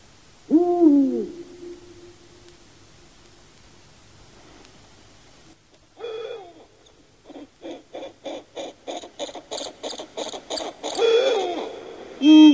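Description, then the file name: Eurasian eagle-owl hooting a few times, with a series of short clicking sounds in between. "uhu"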